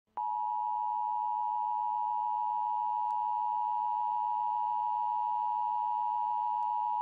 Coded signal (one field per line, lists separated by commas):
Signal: Emergency Alert System (SAME) tones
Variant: 853 and 960 Hz attention tone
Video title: Doctor Who - Steven Universe Crossover Episodes - Emergency Alert System #1